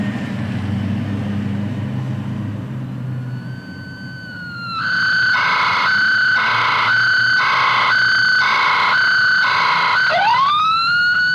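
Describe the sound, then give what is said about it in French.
Advertising vans overtake on the street, heading toward the train station, blaring loud, siren-like electronic tones from their sound systems: a rising wail swells over low traffic rumble, then a harsh pulsing two-tone pattern repeats steadily before another upward sweep. “Des camionnettes de faux pubs me doublent. Je viens au moins de perdre 4 points d'audition avec leur son.”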